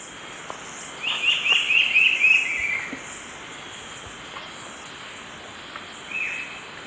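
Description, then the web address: Brown-billed scythebill giving a fast, slightly descending run of sharp whistled notes lasting over a second, then one lone note later, over pulsing high insect buzz. Recorded in Ecuador. "Birds of Ecuador 2. Brown-Billed Scythebill"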